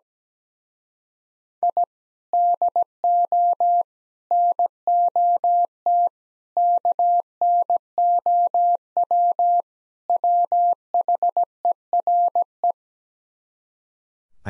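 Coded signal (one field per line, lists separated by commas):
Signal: Morse code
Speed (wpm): 17 wpm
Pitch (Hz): 700 Hz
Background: none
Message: I DO NOT KNOW WHERE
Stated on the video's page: Morse practice sets of five words at 17 wpm base speed, starting fast and slowing; fastest is 1.5 times slowest, final repeat at maximum speed.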